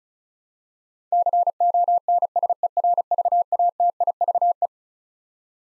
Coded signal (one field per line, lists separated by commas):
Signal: Morse code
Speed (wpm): 36 wpm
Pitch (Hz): 700 Hz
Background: none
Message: CONSERVATIVE